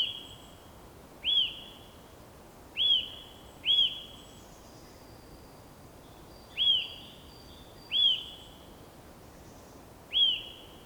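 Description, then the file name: Eurasian nuthatch: repeated piping calls, each a short clear whistle bending downward, irregularly spaced about one to three seconds apart over quiet background. "Sitta europaea"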